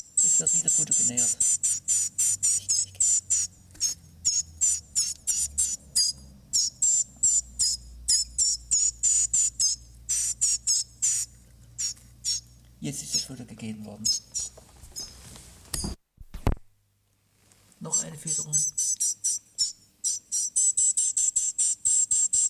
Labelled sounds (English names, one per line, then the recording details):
Common Chiffchaff begging call
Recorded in captivity
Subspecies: collybita
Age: juvenile
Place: Zoologisches Institut Universität Tübingen, Baden-Württemberg, DE
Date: 1962-05-31
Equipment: LGS26
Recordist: Faber, A. and Reuter
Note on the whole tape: 12 Tage alte Jungtiere: Sperrlaute. MaAs: E.B. Auch Aufnahmen vom 3. Juni um 12 Uhr 30